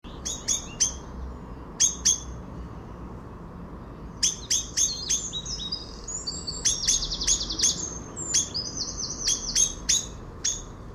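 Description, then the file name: Common blackbird giving sharp, clipped clicking calls in rapid irregular bursts. "Turdus merula"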